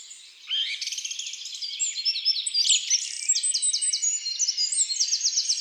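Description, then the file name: Eurasian wren song: a loud, rapid, sustained outpouring of high trills and rattles running almost unbroken for about five seconds, with fast repeated notes at the end. Song in woods and forests. "Troglodyte mignon Chants doiseaux des bois et des forets"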